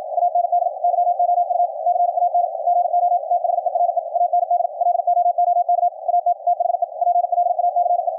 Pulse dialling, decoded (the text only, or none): none